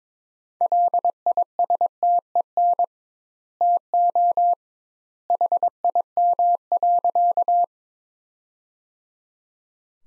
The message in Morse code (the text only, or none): LISTEN TO HIM.